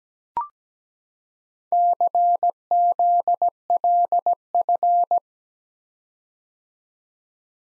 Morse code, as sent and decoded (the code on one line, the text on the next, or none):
-.-. --.. .-.. ..-.
CZLF